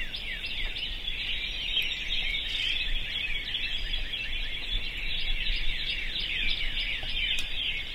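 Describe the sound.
Birds chorusing densely, countless short slurred chirps blending into a continuous shimmering wall of song, with low-frequency rumble beneath.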